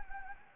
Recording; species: mosquito wingbeat signal from an infrared sensor; Anopheles gambiae